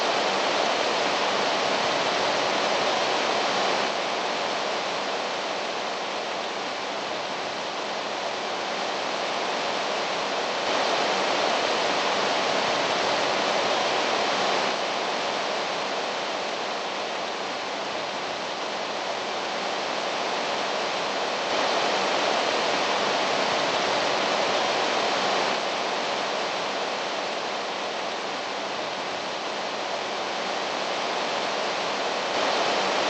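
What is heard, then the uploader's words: A waterfall roars in a dense, constant rush of water that fills the middle and upper range, with little low rumble. The level swells and eases slowly every few seconds but never breaks, and no other sounds stand out. Waterfall.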